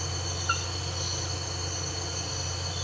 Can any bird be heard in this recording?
no